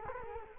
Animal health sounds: mosquito wingbeat signal from an infrared sensor; Culex quinquefasciatus

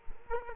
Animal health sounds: mosquito wingbeat signal from an infrared sensor; Culex quinquefasciatus

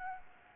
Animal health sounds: mosquito wingbeat signal from an infrared sensor; Anopheles gambiae

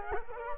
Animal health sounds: mosquito wingbeat signal from an infrared sensor; Culex quinquefasciatus

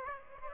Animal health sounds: mosquito wingbeat signal from an infrared sensor; Aedes aegypti

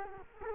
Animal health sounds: mosquito wingbeat signal from an infrared sensor; Culex quinquefasciatus

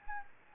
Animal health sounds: mosquito wingbeat signal from an infrared sensor; Anopheles gambiae

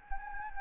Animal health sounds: mosquito wingbeat signal from an infrared sensor; Anopheles gambiae

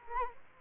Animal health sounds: mosquito wingbeat signal from an infrared sensor; Culex quinquefasciatus

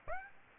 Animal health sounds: mosquito wingbeat signal from an infrared sensor; Aedes aegypti

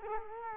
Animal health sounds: mosquito wingbeat signal from an infrared sensor; Culex quinquefasciatus

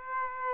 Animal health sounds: mosquito wingbeat signal from an infrared sensor; Aedes aegypti

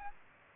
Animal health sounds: mosquito wingbeat signal from an infrared sensor; Aedes aegypti

